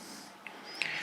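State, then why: Seated. The locking clasp on a Tri-ang Railways model railway turntable is undone and then set so it clicks into place. A faint tap sounds at 0.5 s, then a sharp, bright click at 0.8 s as the clasp seats. A brief higher-pitched tone follows.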